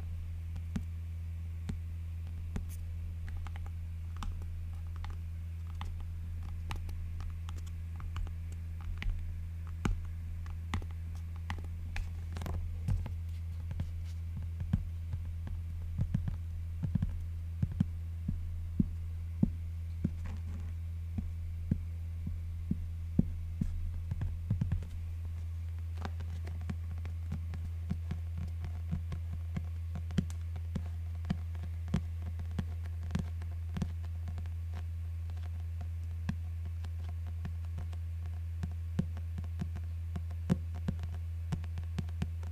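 Fingers tap on a book cover in quick, uneven clicks that run the whole way through, thickest between about 13 and 25 seconds. A steady low hum sits underneath and shifts slightly in tone around 25 seconds.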